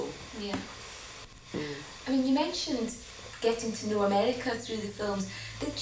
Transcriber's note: none